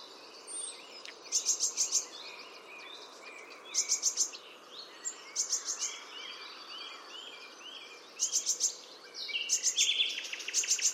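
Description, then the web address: Bird: bursts of quick, very high clicking notes recur every couple of seconds, with softer chirps in between and a steady background hiss. "cianscape. Deverinetal"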